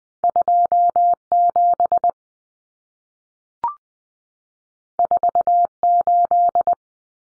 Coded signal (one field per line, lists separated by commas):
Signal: Morse code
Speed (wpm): 20 wpm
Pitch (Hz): 700 Hz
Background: none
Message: 27 48